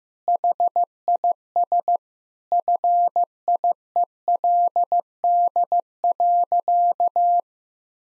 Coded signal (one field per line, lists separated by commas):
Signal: Morse code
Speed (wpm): 15 wpm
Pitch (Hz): 700 Hz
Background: none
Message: HIS FIELD.